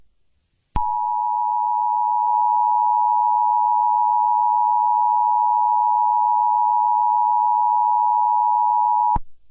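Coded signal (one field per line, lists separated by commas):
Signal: Emergency Alert System (SAME) tones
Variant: 853 and 960 Hz attention tone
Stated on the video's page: Fictional alert tape.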